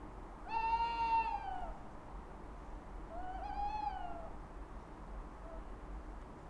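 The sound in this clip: Owl calls: two drawn-out, harmonic wailing notes, each about a second long, level then falling at the end, over steady low background noise.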